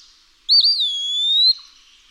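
Eastern wood-pewee singing one plaintive whistle, wobbling briefly at the start and then gliding upward into a drawn-out rising finish.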